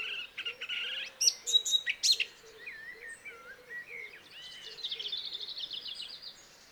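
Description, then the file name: Eurasian blackcap giving a quieter warble: several sharp notes, then softer slurred whistles and a thin buzzy trill, over steady low repeated notes and background hiss. "Sylvia atricapilla"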